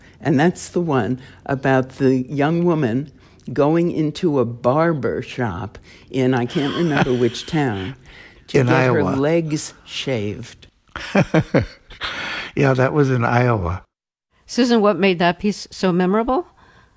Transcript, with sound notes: And that's the one about the young woman going into a barbershop in I can't remember which town to get her legs shaved.
(Laughter) Yeah. That was in Iowa.
Susan, what made that piece so memorable?